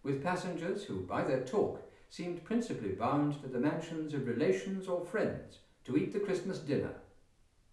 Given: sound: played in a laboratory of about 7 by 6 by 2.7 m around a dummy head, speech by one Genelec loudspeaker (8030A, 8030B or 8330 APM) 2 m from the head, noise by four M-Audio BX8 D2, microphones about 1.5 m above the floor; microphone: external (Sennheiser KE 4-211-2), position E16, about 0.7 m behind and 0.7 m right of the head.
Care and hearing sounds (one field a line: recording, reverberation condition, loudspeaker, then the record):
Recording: male speech in English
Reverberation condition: medium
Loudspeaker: 90 degrees to the left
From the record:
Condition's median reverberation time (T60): about 510 ms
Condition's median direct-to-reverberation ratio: about -0.5 dB